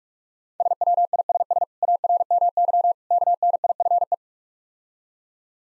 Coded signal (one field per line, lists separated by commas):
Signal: Morse code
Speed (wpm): 46 wpm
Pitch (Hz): 700 Hz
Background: none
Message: SWISS ARMY KNIFE